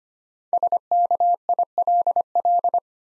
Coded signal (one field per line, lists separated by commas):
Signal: Morse code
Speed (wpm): 25 wpm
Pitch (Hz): 700 Hz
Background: none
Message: SKILL